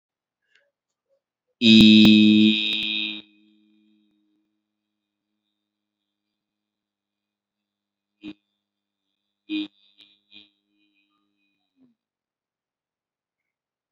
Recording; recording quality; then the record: sustained vowel as in beet; excellent, no background noise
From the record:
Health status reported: recovered from COVID-19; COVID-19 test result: negative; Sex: male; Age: 23 years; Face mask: not worn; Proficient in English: yes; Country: India